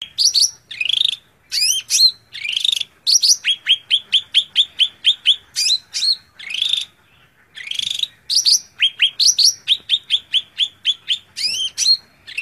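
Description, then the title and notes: Greater green leafbird delivering a varied song: bursts of fast repeated whistled notes alternating with buzzy, scratchy phrases and short pauses. Song used as a training recording (masteran) for caged greater green leafbirds. "Suara Burung Cucak Ijo. mantap buat masteran burung cak ijo"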